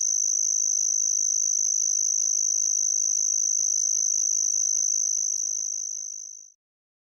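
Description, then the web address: Say's bush cricket song: a steady, high-pitched continuous trill with a finely pulsed texture that holds for over six seconds, then fades and stops. "Crickets and Katydids. Say's Bush Cricket, Anaxipha exigua"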